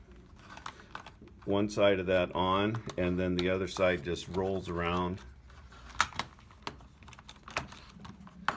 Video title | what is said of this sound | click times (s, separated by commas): Conductix-Wampfler Safe Lec 2 Bar Install | and snaps into place here and then your end | 8.5 s